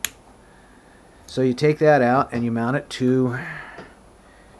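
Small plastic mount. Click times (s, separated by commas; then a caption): 0.0 s. A plastic quick-connect camera shoe is slid back into the head of a ChargerCity universal smartphone holder and mini tripod and snaps in place, with one sharp, loud click at 0.1 s. Someone talks afterward, and the shoe is seated.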